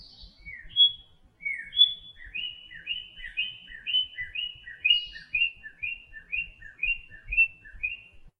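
Bird giving a quick twittering series of high chirps, each a short two-part note, repeated about twice a second with a faint low rumble beneath.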